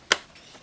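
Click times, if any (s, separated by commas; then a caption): 0.1 s. A metal rose cover is slid straight over the two fixing points on the door lock chassis of a BRAVA RA3030SS privacy knob set mounted on a door. A single sharp click at 0.1 s shows it has snapped on and seated, followed by faint low background noise.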